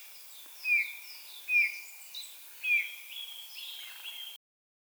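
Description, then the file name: Eurasian bullfinch giving three clear, falling whistled call notes, followed by fainter, higher notes. "Pyrrhula pyrrhula"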